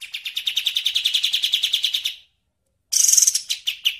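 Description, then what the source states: Bird song: a long, steady run of quick repeated chirps, then a brief silence and a shrill buzzy burst followed by a few separate notes. Bird sounds used for training songbirds (masteran).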